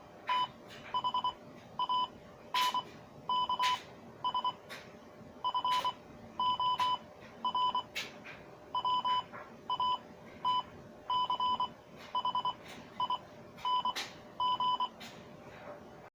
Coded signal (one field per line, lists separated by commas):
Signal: Morse code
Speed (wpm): 24 wpm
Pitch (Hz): 1000 Hz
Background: none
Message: THANKS FOR WATCHING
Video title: MorseCode Xmt/Rcv with Arduino